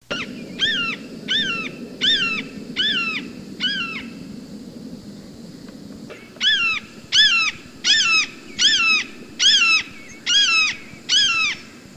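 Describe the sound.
Red-shouldered hawk giving a rapid series of loud, clear, downslurred kee-ah screams, with a pause midway before the series resumes more strongly.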